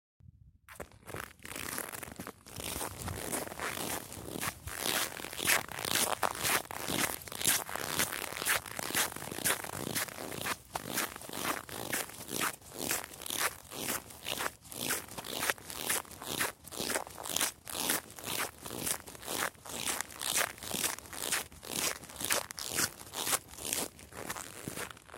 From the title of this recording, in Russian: хруст снега